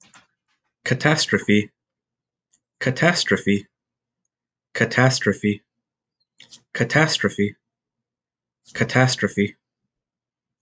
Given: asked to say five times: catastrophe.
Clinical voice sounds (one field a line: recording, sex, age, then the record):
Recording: repeated word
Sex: male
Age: 30 to 39 years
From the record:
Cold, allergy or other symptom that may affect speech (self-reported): no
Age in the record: 33 years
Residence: California, United States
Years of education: 20